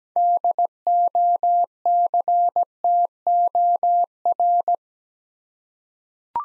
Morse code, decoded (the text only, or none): DOCTOR